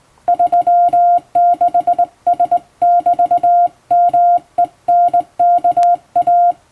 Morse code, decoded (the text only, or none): 36S<BT>MENKA